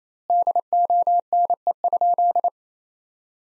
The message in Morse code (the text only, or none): DONE?